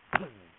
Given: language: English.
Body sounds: throat vibration sensor signal played as sound; cough

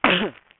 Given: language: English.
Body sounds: throat vibration sensor signal played as sound; cough

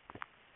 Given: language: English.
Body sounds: throat vibration sensor signal played as sound; swallow

